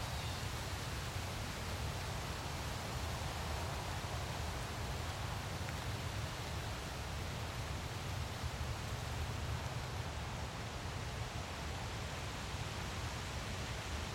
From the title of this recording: Winter Storm Ambience with Icy Howling Wind Sounds